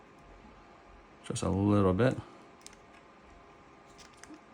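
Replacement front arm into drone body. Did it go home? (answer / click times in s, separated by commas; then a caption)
yes / 2.7 s. A replacement front arm piece is eased without force into the plastic body of a DJI Mini 3 drone until it seats. Someone talks briefly, then a small sharp click at 2.7 s marks the arm snapping into place, followed by a fainter tap near 4.2 s.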